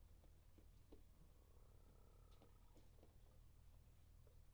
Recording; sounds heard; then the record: poultry house recording; healthy chickens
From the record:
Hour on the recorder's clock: 21